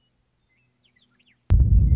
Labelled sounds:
Western Meadowlark
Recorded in Sonoma County, California

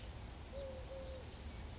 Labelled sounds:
Eurasian Collared Dove
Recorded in Sonoma County, California

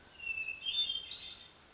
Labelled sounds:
Hermit Thrush
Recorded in Sonoma County, California

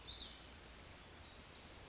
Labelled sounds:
Western Flycatcher
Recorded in Sonoma County, California

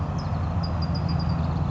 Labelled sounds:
Bewick's Wren
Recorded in Sonoma County, California

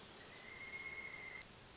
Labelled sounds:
Pileated Woodpecker
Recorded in Sonoma County, California

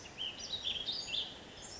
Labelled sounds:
Ash-throated Flycatcher
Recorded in Sonoma County, California

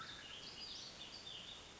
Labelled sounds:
Western Flycatcher
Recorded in Sonoma County, California

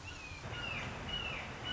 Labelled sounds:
Red-shouldered Hawk
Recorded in Sonoma County, California

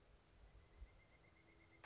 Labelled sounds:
Pileated Woodpecker
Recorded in Sonoma County, California

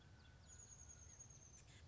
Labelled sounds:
Chestnut-backed Chickadee
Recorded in Sonoma County, California

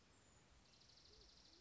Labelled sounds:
Dark-eyed Junco
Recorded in Sonoma County, California

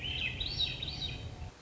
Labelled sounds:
Swainson's Thrush
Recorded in Sonoma County, California

